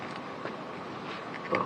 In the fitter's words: that locked it in place.